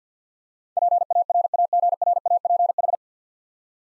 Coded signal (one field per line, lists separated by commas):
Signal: Morse code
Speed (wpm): 50 wpm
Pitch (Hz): 700 Hz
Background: none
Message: PARAGRAPH